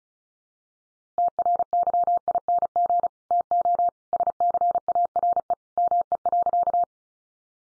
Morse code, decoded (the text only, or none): TRYING TO SCARE ME.